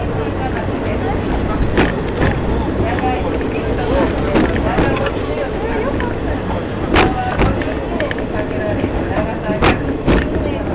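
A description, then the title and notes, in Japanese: A ride aboard the Shimanto Torokko 2 on the Yodo Line, running from Ekawasaki to Tosa-Taisho. Voices chatter steadily over a low, continuous rumble from the open car. Sharp clanks and knocks break through now and then, most clearly around seven and nine seconds. 予土線しまんトロッコ2号 江川崎→土佐大正。案内人の話を聞きながらのんびりと走っていきますが、トンネル区間が多いので結構轟音だらけになります。また意外と風が冷たいです。前日まで大雨だったこともあり川の水は汚かったですが、空気はとてもきれいに感じました。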